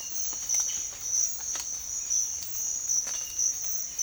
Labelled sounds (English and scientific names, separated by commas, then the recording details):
none
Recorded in secondary vegetation near Puerto Asís, Putumayo, Colombia, on 8 March 2025 at 07:00
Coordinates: 0.499, -76.323
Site G094